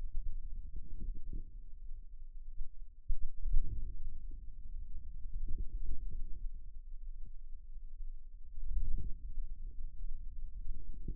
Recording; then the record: forearm muscle sounds (acoustic myography)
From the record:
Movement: outward rotation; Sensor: system 2, bracelet of six BSWA MPA416 microphones around the upper forearm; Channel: 1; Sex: male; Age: 22 years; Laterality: right